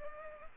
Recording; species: mosquito wingbeat signal from an infrared sensor; Culex pipiens